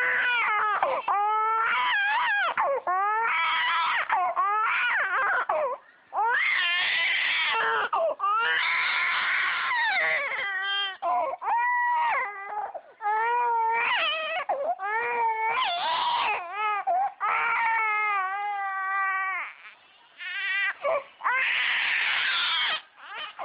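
An infant cries in repeated high-pitched wails with a clear, tonal quality. Short gaps for breaths separate them, some bursts rising or wavering in pitch, with brief quiet pauses near the end. The sound is an ordinary baby cry, used as a phone ringtone.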